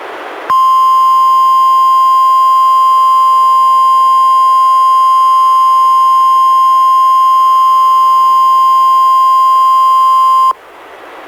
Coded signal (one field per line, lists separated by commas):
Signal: Emergency Alert System (SAME) tones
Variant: 1050 Hz attention tone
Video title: EAS #65: NWR Required Weekly Test- July 22, 2015- 11:01AM PDT